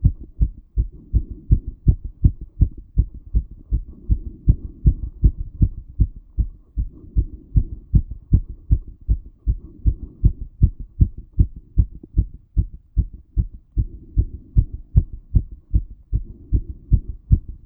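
Fast, regular low thumps at about 158 beats a minute: a racing heartbeat, or tachycardia.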